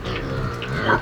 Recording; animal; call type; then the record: contact call of a hoofed animal; wild boar; grunt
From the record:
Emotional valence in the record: negative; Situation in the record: naturally occurring agonistic interactions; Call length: 1.01 s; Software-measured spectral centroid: 1750 Hz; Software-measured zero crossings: 1820 a second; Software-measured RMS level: -23 dBFS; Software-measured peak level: -5 dBFS